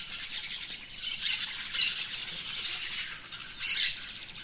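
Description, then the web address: Birds giving harsh, noisy squawks in rough overlapping bursts, swelling louder a few times. Dawn chorus in rainforest, Gran Sabana, Venezuela. "Birds in the Rainforest Dawn Venezuela Gran Sabana"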